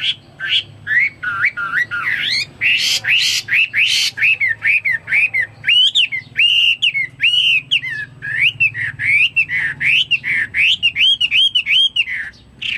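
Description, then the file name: Chinese hwamei song: energetic string of arched whistled notes, some harsh bursts early, repeated rapidly throughout. "omkicau hwamei"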